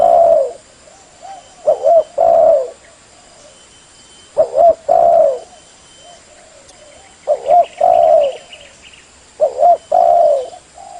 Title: SUARA BURUNG DERKUKU MASTERAN BURUNG SUARA DERKUKU KUALITAS JERNIH Vubey